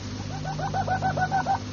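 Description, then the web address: Harz Roller canary song, a soft low rolling phrase of rapidly repeated fluting notes over a low steady background hum. "canarios cantoharz"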